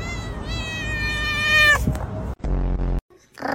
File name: Funny cat sounds